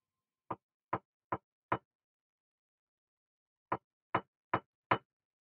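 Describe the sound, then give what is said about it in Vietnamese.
Loud, forceful knocking on the shared wall between a men's and a women's toilet: four sharp, evenly spaced knocks, a pause of about two seconds, then four more at the same steady rhythm, with no voices. “Thế rồi đột nhiên tiếng gõ cửa cộc cộc vang lên.”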